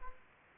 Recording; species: mosquito wingbeat signal from an infrared sensor; Culex pipiens